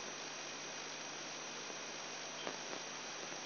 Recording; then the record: brain microelectrode recording played as sound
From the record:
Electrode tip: outside the subthalamic nucleus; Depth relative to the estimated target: -6 mm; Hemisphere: right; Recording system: AlphaMap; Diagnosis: Parkinson's disease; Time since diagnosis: 10 years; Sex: male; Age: 58 years